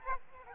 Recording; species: mosquito wingbeat signal from an infrared sensor; Aedes albopictus